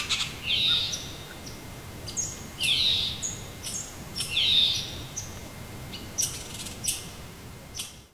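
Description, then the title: Bird calls: a few harsh, grating high notes, then a quieter stretch with sharp clicks. Recorded by a lake near Pine Lake, Wood Buffalo National Park, Alberta, Canada. "湖边的鸟叫_伍德布法罗国家公园，靠近加拿大艾伯塔省派恩湖"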